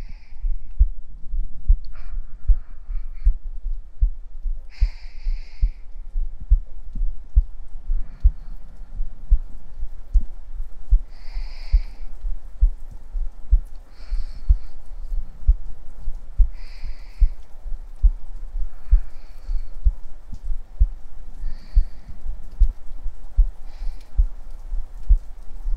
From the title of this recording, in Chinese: 下雨天，躺在妈妈怀里！听到的心跳声